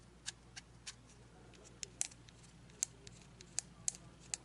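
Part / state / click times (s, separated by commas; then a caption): field-strip release wheel in folding knife handle / released / 1.8 s, 2.0 s, 2.8 s, 3.6 s, 3.9 s, 4.3 s. A small wheel at the back of the handle of a CRKT HVAS folding knife is turned without tools during a field strip. It gives sharp clicks at 1.8, 2.0, 2.8, 3.6, 3.9 and 4.3 seconds as the mechanism lets go, and the knife is released for breakdown.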